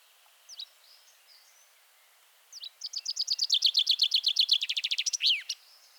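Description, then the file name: Common chaffinch, a few scattered soft chirps, then a full song: a lively series of descending notes that quickens into a fast rattle and finishes with an emphatic flourish. "Fringilla coelebs"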